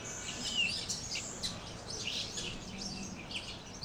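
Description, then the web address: Birds chirping, short high thin notes scattered throughout with one clear whistle early on, over a steady background hiss. Birds chirping on a tree. "freesound freelibras birds-chirping-on-a-tree"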